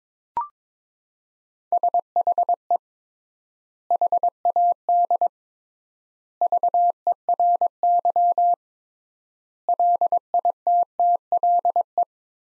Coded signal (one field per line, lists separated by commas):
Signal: Morse code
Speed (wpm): 22 wpm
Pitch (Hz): 700 Hz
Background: none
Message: SHE HAD VERY LITTLE